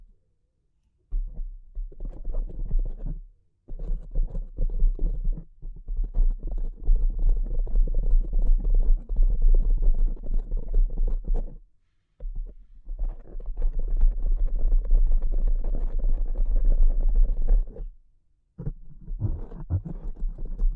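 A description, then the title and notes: Delicate tapping comes in dense, rapid flurries over a steady low rumble, running in long stretches broken by brief silences near 1, 3.5, 12 and 18 seconds. The taps are soft and crowded together, with a few brighter ticks near the end. ASMR Delicate Tapping (No Talking).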